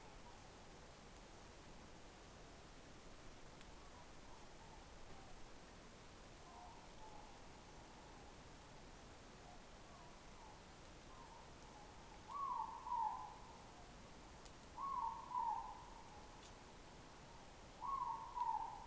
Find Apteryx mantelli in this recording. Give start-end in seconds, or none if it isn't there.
none